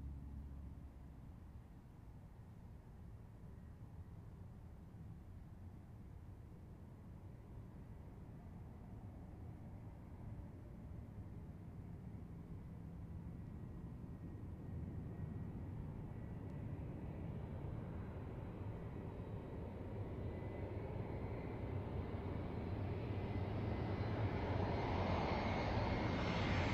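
An aircraft approaches Zurich Kloten airport on its way in to runway 14. A low, steady rumble grows gradually louder across the clip, with a brighter roar and a faint whine building in the last several seconds as the plane draws in.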